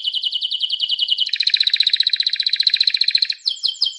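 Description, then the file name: Canary singing a rapid high trill that drops into a dense, buzzy rolling tour, then finishes with short swept notes. "chant canari birdsforalldz"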